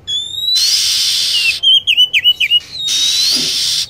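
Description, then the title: Lovebird calls: a rising whistle, then a quick series of sharp V-shaped chirps, flanked by loud hissing bursts. Lure sound used for attracting lovebirds. "PIKAT BURUNG LOVEBIRD"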